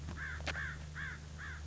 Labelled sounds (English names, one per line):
American Crow